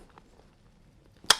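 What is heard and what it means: A preset torque driver set to 45 in-lb tightens a scope mount base screw into a rifle receiver, with faint ticks and handling noise at first. At 1.3 s the driver breaks over with a sharp, bright click, confirming the screw has reached its torque setting and will not tighten any further.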